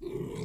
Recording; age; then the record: pig call; weaner (32 to 43 days)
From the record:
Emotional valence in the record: negative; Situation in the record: novel object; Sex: female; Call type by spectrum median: low-frequency call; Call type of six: low-frequency stable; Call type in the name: low-frequency stable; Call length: 0.46 s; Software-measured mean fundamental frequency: 59 Hz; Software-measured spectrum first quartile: 193 Hz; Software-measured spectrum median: 350 Hz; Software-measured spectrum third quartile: 562 Hz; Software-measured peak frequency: 377 Hz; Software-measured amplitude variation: 205 dB a second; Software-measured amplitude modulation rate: 29.7 a second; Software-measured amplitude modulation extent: 6.9 dB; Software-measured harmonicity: 3.4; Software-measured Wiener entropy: -0.28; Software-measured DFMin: 878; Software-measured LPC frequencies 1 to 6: 367, 958, 2185, 3551, 4101, 5144 Hz